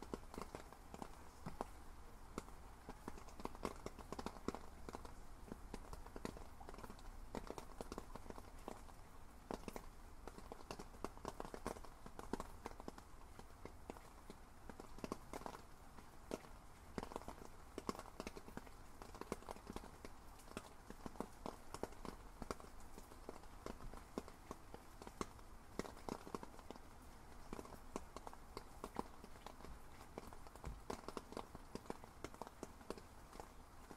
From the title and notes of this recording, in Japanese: 雨具にあたる雨の音。ホワイトノイズよりの音となります。